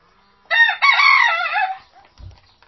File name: canto do galo